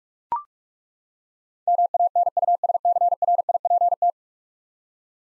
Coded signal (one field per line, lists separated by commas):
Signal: Morse code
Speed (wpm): 41 wpm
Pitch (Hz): 700 Hz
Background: none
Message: MANUSCRIPT